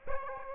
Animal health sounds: mosquito wingbeat signal from an infrared sensor; Aedes aegypti

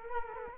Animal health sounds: mosquito wingbeat signal from an infrared sensor; Culex quinquefasciatus

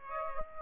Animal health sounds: mosquito wingbeat signal from an infrared sensor; Aedes aegypti

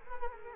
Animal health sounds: mosquito wingbeat signal from an infrared sensor; Culex quinquefasciatus

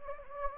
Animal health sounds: mosquito wingbeat signal from an infrared sensor; Anopheles gambiae

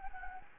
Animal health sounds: mosquito wingbeat signal from an infrared sensor; Anopheles gambiae

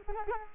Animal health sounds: mosquito wingbeat signal from an infrared sensor; Culex quinquefasciatus

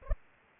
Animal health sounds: mosquito wingbeat signal from an infrared sensor; Aedes aegypti

